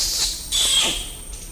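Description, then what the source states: Orangutan kiss squeak: a harsh, hissy high squeak with quick downward-sweeping smacks, followed by a fainter short squeak near the end. Kiss squeak; described as a slightly obscene sounding noise.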